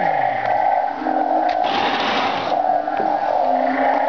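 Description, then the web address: Toad call, a steady droning note held unbroken throughout, with faint lower gliding tones and a short burst of rushing noise near the middle. "khajitfoythong toad sounds"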